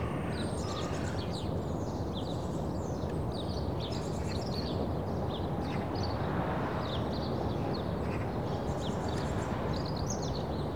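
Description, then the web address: Several birds chirp and twitter together in bursts of high, rapid notes, set against a constant low hum of background noise. Early morning birds in a suburban setting. "The BBC Sound Effects Library (Suburbia) Early Morning Suburban Birds"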